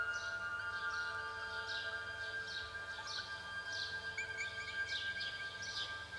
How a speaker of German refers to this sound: Plötzlich stieben die Vögel auseinander.